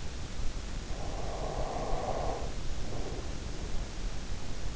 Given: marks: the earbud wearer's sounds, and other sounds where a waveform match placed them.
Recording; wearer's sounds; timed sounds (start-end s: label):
sounds in sleep by an in-ear microphone; breath
0.92-3.93 s: breath